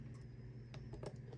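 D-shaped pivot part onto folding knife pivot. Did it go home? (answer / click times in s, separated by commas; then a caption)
no / none. During reassembly of a Pony Stout folding knife, the D-shaped pivot part is handled onto the knife's pivot, producing faint small taps and clicks around 0.2, 0.7, 1.1 and 1.2 s over a steady low hum. The clip ends just before the part goes home; nothing has seated yet.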